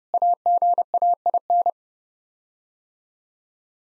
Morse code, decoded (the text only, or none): AGAIN